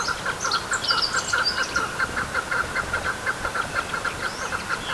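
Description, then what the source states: Chukar partridge giving rapid repeated clucking chuck notes throughout, while other birds chirp and twitter at higher pitch. Symbol bird of the self-administered region of Rojava, often shown on posters and stamps there.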